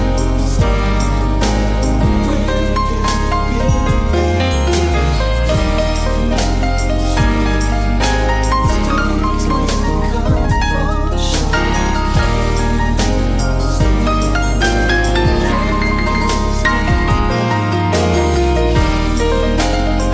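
Smooth jazz plays at a steady, unchanging level, with a deep bass line that shifts notes every couple of seconds and glides downward near seventeen seconds. Regular crisp drum taps and sustained melodic tones fill the mix densely throughout.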